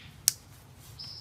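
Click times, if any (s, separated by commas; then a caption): 0.3 s. A plastic clip at the bottom of a tent's rain fly is pushed onto the tent body and snaps shut with one sharp, bright click at 0.3 s. After the snap there is only low background noise, with a faint steady high tone from about 1.0 s. The clip seats on the tent.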